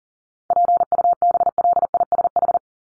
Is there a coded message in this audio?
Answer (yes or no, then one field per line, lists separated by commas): yes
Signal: Morse code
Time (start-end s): 0.5-2.6 s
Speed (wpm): 40 wpm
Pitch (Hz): 700 Hz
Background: none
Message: PUBLISH